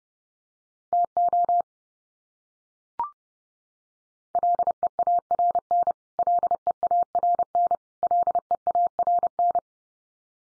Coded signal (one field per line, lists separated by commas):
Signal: Morse code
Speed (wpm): 30 wpm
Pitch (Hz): 700 Hz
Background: none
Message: TO LEARN LEARN LEARN